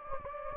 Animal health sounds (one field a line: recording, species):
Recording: mosquito wingbeat signal from an infrared sensor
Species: Anopheles gambiae